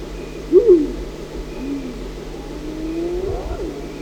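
Spotted hyena calling: a short looping rise and fall, then a brief low note and a longer rising whoop, against a steady low hum.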